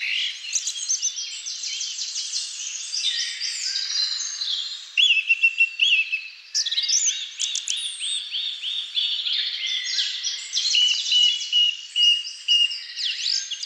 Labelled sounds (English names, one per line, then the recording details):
Song Thrush song
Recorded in the wild
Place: Waltershofen / Freiburg im Breisgau, Baden-Württemberg, DE
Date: 2005-04-09
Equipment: Minidisc Sony MZ-R35, Telinga DAT, Telinga-Parabolspiegel
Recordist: Schwarz, Dieter